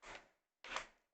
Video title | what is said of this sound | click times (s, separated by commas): CecilKnight - Live PC Build - $500 PC build for business use | boom you hear it click that was only one click | 0.6 s